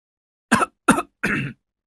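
A harsh, hacking fit of coughing, seemingly from outside in a dark yard: three loud, rapid coughs in quick succession, the third longer and raspier, as if the throat is straining, with no talking.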